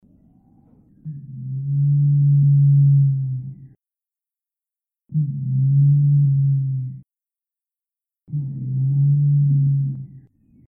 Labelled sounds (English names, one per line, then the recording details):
Western Crowned Pigeon
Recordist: Tembrock, Günter
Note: Langlaute